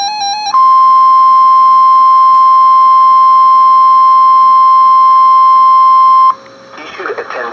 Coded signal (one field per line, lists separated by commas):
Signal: Emergency Alert System (SAME) tones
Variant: 1050 Hz attention tone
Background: speech, music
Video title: (RARE) High Wind Warning (EAS #1474)